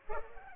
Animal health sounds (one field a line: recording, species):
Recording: mosquito wingbeat signal from an infrared sensor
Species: Culex pipiens